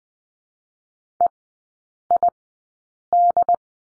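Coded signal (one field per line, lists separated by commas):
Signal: Morse code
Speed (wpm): 20 wpm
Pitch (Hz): 700 Hz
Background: none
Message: EID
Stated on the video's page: Morse course lesson drill on the number 3, sent at Farnsworth speed 20/10 wpm.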